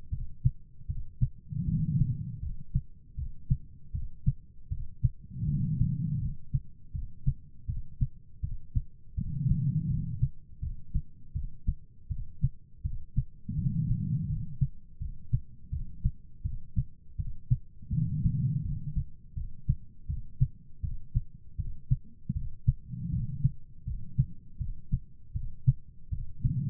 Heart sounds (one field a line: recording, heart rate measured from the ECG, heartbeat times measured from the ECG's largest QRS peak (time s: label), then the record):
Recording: heart sounds by stethoscope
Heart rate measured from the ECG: 81 bpm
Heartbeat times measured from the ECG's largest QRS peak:
0.10 s: heartbeat
0.87 s: heartbeat
1.66 s: heartbeat
2.40 s: heartbeat
3.16 s: heartbeat
3.92 s: heartbeat
4.69 s: heartbeat
5.46 s: heartbeat
6.19 s: heartbeat
6.92 s: heartbeat
7.67 s: heartbeat
8.41 s: heartbeat
9.15 s: heartbeat
9.88 s: heartbeat
10.60 s: heartbeat
11.33 s: heartbeat
12.09 s: heartbeat
12.83 s: heartbeat
13.56 s: heartbeat
14.27 s: heartbeat
14.99 s: heartbeat
15.70 s: heartbeat
16.43 s: heartbeat
17.17 s: heartbeat
17.90 s: heartbeat
18.63 s: heartbeat
19.34 s: heartbeat
20.07 s: heartbeat
20.82 s: heartbeat
21.57 s: heartbeat
22.34 s: heartbeat
23.10 s: heartbeat
23.85 s: heartbeat
24.58 s: heartbeat
25.33 s: heartbeat
26.10 s: heartbeat
From the record:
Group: healthy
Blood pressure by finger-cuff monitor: 122/88 mmHg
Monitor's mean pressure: 102 mmHg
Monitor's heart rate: 81 bpm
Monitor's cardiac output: 4.7 L/min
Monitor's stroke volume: 59 mL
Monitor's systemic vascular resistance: 1600 dyn s/cm5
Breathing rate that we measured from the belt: 14 breaths a minute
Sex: female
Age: 51 years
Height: 162 cm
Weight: 70.04 kg